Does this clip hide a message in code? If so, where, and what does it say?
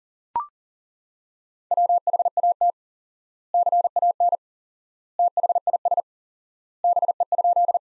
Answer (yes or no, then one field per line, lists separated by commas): yes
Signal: Morse code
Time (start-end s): 1.7-7.8 s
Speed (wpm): 40 wpm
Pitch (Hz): 700 Hz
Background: none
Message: WHAT CAN THIS BE?